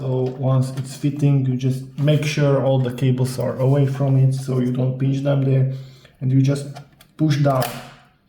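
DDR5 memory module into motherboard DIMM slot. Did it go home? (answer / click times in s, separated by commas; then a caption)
no / none. A DDR5 memory stick is being lined up and handled over its motherboard DIMM slot while someone talks throughout. Nothing has seated or clicked yet; the retention latches have not engaged.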